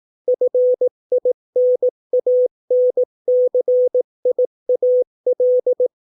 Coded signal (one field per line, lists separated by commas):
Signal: Morse code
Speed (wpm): 18 wpm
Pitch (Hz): 500 Hz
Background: none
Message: FINANCIAL